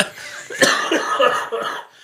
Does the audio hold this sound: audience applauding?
no